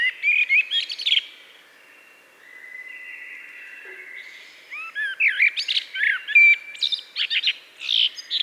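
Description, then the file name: Eurasian blackbird giving a burst of twittering notes, then a soft drawn-out tone, then more quick fluty and squeaky phrases, over a quiet background. "Turdus merula"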